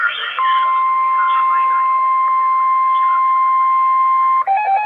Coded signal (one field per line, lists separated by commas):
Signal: Emergency Alert System (SAME) tones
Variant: 1050 Hz attention tone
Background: speech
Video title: REAL EAS 950-Special marine warning